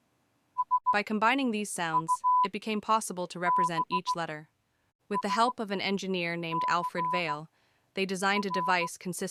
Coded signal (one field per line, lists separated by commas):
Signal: Morse code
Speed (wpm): 16 wpm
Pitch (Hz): 1000 Hz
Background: speech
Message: SUBSCR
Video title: Morse Code history, Why he created it!